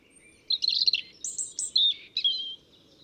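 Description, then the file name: European robin song: a few high, jumbled warbling phrases. "Erithacus rubecula"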